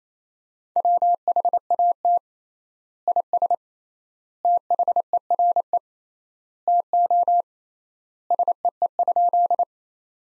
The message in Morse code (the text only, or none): WHAT IS THERE TO SEE?